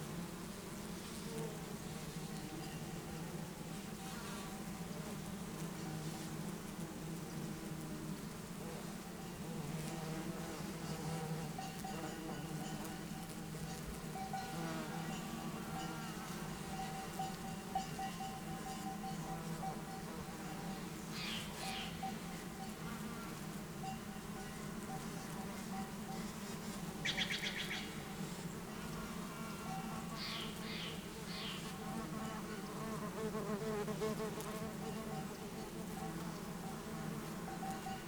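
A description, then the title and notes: Bumblebees and other pollinators buzz steadily through a meadow, a dense, constant low hum that never drops away. Brief bright chirps, likely birds, cut in around 21, 27 and 30–32 seconds, while fainter higher buzzes drift in and out. I recorded this in the meadow at the south end of Taylor Lake in the Russian Wilderness, Klamath National Forest, Siskiyou County, California. It was a warm morning for the elevation of the meadow(6500') thanks to the cloud cover overnight. I laid the microphone down in the grass amongst the abundant white flowers blanketing the meadow.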